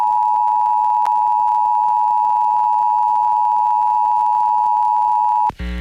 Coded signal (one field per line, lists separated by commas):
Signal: Emergency Alert System (SAME) tones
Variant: 853 and 960 Hz attention tone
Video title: Pennsylvania Required Monthly Tests (5/19/22)(EAS 1169-1179)